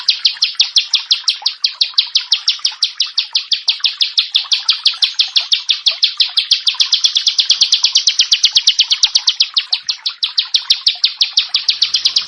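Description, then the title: Prinia song delivered as a rapid, dense string of buzzy, rasping notes that hardly change in pitch and keep going without a break. "Ciblek Sawah"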